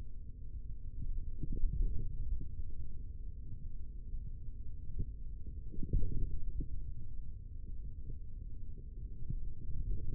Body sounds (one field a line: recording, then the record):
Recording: forearm muscle sounds (acoustic myography)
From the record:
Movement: hand opening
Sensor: system 3, bracelet of six PUI Audio POM-2738L microphones around the upper forearm, with dedicated amplification and filtering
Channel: 5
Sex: male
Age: 43 years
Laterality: right